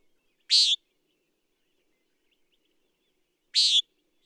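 Common nighthawk uttering two brief, rasping nasal peent notes about three seconds apart, with near silence between them.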